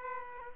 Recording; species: mosquito wingbeat signal from an infrared sensor; Aedes aegypti